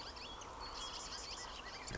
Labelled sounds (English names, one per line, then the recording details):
Marsh Wren
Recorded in Sonoma County, California